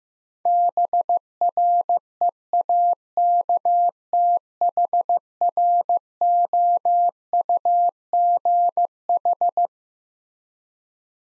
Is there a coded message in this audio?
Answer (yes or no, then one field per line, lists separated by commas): yes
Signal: Morse code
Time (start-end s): 0.5-9.7 s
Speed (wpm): 15 wpm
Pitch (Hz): 700 Hz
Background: none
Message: BREAKTHROUGH